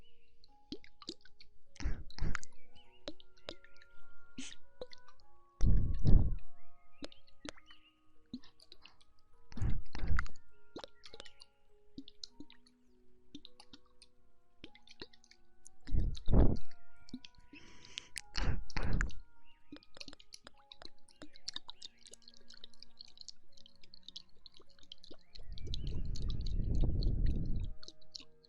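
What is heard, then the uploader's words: Wet ear-eating ASMR mouth sounds: soft smacks, squishes and clicks arrive irregularly throughout. Louder, fuller wet bursts land around 2, 6, 10, 16 and 18–19 seconds, and a longer low, muffled rustle swells near 25–28 seconds between quieter stretches. ASMR Ear Eating Instant Tingles.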